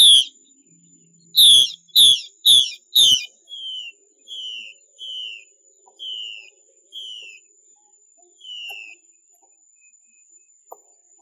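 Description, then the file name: Chinese hwamei: four loud ringing whistles in fast succession, followed by a slower series of softer downslurred whistles, a thin steady high tone behind. Female bird; 'mái xùy' call type. "Tieng chim hoa mi mai xuy"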